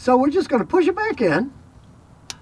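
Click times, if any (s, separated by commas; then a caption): 2.3 s. Someone talks, then an ABS wheel speed sensor electrical connector on a Tacoma pickup truck, which may have been knocked off by a pressure washer, is pushed back onto its wiring harness plug. A single sharp click sounds at 2.3 s, confirming the connector is seated.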